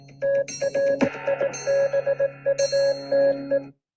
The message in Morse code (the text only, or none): TRIBUTE